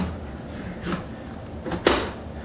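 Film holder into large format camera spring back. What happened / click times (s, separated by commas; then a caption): The holder snapped into the spring back / 1.9 s. A 4x5 film holder is slid into the spring back of a large format camera, with soft sliding scrapes around 0.9 s and 1.7 s. A sharp, loud knock at 1.9 s marks the holder seating, locked into place in the camera back.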